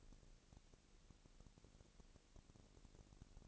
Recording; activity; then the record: daily activity, microphone in the room; no activity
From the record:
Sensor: 4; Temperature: 22.5 degrees Celsius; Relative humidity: 33.4%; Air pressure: 999.7 hPa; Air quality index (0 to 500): 231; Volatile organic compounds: 21 ppm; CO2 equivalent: 2707 ppm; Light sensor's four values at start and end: 2/3/1/1 and 2/3/1/1